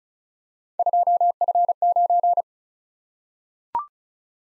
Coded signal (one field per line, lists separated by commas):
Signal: Morse code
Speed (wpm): 36 wpm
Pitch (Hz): 700 Hz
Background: none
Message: 2F9